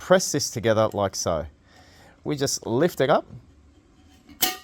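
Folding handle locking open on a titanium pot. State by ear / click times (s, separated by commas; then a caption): seated / 4.4 s. A stainless steel folding handle on a TOMSHOO titanium cooking pot is squeezed together and lifted up while someone talks. After a quiet pause, a sharp click at 4.4 s marks the handle snapping into its locked open position.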